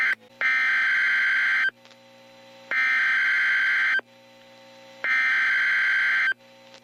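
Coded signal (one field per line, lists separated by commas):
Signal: Emergency Alert System (SAME) tones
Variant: header bursts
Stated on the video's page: Real National Weather Service SAME alerts, mostly tornado warnings, plus thunderstorm warnings, watches, statements and a special marine warning.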